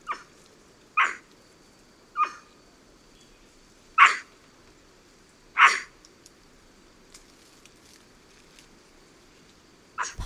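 White-throated capuchin giving short, harsh barking calls at irregular intervals, six calls in all over a quiet hiss.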